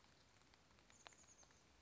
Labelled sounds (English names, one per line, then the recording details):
Chestnut-backed Chickadee
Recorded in Sonoma County, California